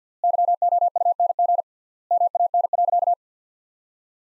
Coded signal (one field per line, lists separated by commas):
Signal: Morse code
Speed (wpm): 50 wpm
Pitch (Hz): 700 Hz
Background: none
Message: YOUNG MAN.